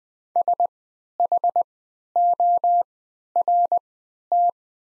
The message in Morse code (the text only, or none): SHORT